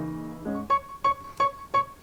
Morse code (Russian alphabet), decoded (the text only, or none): none